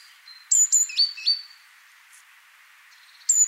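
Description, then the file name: Great tit song: one crisp phrase of two high whistled notes dropping to two lower notes, then a new phrase starting at the end, over a faint hiss. "Parus major"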